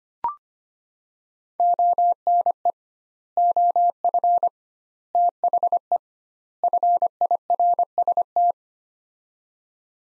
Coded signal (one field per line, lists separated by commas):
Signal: Morse code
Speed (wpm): 25 wpm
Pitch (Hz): 700 Hz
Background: none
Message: ONE OF THE FIRST